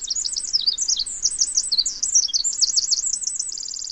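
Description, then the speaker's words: Pacific Wren song: a fast, high-pitched cascade of tinkling trills and warbles that runs without pause and ends in a rapid, even trill. Singing in earnest by mid-February, in winter, as far north as British Columbia. "Even as far north as British Columbia, Pacific wrens are singing in earnest by mid-February."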